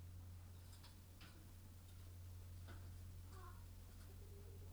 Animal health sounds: poultry house recording; sick chickens (respiratory disease)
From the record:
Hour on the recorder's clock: 21

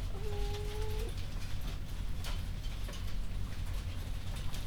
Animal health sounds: poultry house recording; healthy chickens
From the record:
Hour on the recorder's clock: 21

